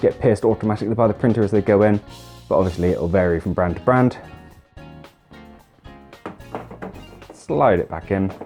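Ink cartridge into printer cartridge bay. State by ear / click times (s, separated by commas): not seated / none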